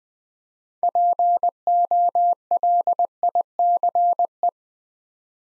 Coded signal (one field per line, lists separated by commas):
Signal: Morse code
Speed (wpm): 20 wpm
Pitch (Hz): 700 Hz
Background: none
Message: POLICE